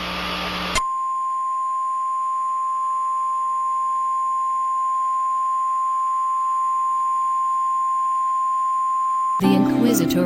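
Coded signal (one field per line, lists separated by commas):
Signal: Emergency Alert System (SAME) tones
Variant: 1050 Hz attention tone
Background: music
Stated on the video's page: Fictional EAS scenario alert.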